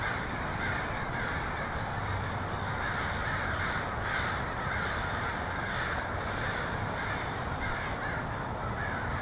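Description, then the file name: Large crow chorus, countless rough caws overlapping continuously into a thick wall of sound throughout. Portland, 23 October 2018. "pdx crows 2018-10-23"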